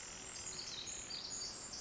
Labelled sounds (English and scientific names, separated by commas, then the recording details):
Pacific Wren (Troglodytes pacificus)
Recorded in Sonoma County, California